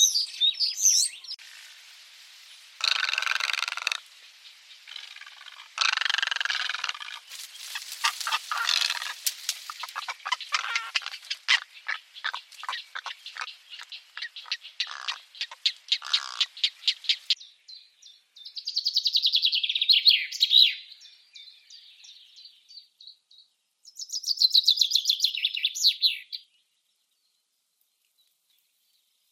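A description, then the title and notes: Singing birds deliver bright, high-pitched phrases: dense bursts near the start, then a long run of rapid, regular chirps from about 7 to 17 seconds. Two shorter trilled phrases follow around 19 and 25 seconds before silence. The recording is clean, with no background noise. SINGING BIRDS.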